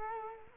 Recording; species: mosquito wingbeat signal from an infrared sensor; Culex quinquefasciatus